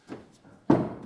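Someone pulls the interior hood release on a classic car, and a soft knock near 0.1 s is followed by a loud, sharp clunk at 0.7 s that rings out briefly. The hood latch pops open and releases at 0.7 s.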